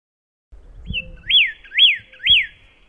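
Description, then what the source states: Pyrrhuloxia song: a short high whistle, then three loud slurred notes that rise and fall, about half a second apart, with faint low thumps beneath. Song (kicauan).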